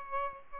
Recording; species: mosquito wingbeat signal from an infrared sensor; Aedes albopictus